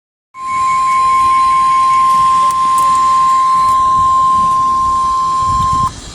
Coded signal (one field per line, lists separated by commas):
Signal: Emergency Alert System (SAME) tones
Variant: 1050 Hz attention tone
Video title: SVR on WXL40 And WNNK-FM(EAS#492-493)